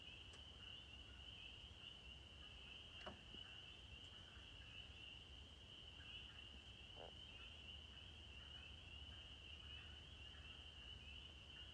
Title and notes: April 15, 2023. the sound of the spring peepers, or pseudacris crucifer. Their song begins at dusk and sounds rather like sleigh bells from deep in the woods